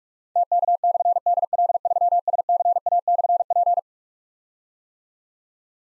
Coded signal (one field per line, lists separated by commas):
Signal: Morse code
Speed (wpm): 44 wpm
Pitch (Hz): 700 Hz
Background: none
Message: TK/DL3SCA/P